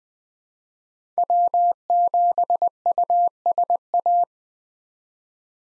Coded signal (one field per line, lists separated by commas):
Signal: Morse code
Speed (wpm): 20 wpm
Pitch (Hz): 700 Hz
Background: none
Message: W7USA